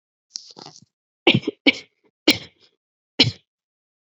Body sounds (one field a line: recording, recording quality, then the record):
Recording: shallow voluntary cough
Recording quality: excellent, no background noise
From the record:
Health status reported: exposed to COVID-19, no respiratory illness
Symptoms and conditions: none ticked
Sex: female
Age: 26 years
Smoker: not ticked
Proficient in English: yes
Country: India